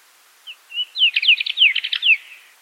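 Bird call: a short run of high, chirpy notes that slide downward, ending in a quick burst of rapid tweets lasting about two seconds against a quiet background.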